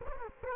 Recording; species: mosquito wingbeat signal from an infrared sensor; Culex quinquefasciatus